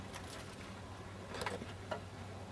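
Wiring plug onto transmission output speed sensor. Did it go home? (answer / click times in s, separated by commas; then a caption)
no / none. A wiring plug is handled onto the new transmission output speed sensor of a 1998 Dodge Ram 1500. Brief handling noises sound at about 1.4 s and 1.5 s over a steady low hum, with another faint tap near 1.9 s. Nothing has seated or clicked yet.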